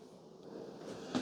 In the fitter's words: line up these two tabs and then snap it into place